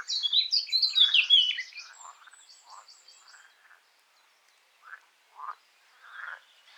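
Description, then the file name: Eurasian blackcap song opens with a loud, rich, fluty burst of rapid notes. It fades into soft, low, scattered chattering notes. "Sylvia atricapilla"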